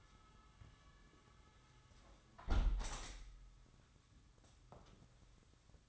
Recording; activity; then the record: daily activity, microphone in the room; close window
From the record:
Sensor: 3